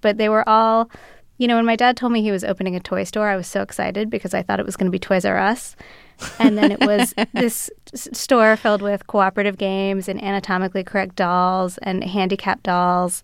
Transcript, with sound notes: But they were all - you know, when my dad told me he was opening a toy store, I was so excited because I thought it was going to be Toys R' Us. (LAUGHTER) And then it was this store filled with cooperative games and anatomically correct dolls and handicapped dolls.